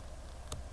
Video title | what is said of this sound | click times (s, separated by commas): Peugeot screw on bezel Jump started women's Japan Miyota 2035 movement repair battery replacement | okay so you want the 60 to line up with 12 yeah see how it clicks in place | 0.5 s